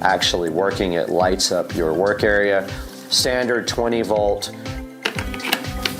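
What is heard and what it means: Someone talks over background music while handling a 20 V battery pack near a cordless tool's DeWalt battery interface, and several short, sharp hits sound between about 5.1 and 5.9 s. The clip ends before the battery goes home, so nothing has seated or clicked yet.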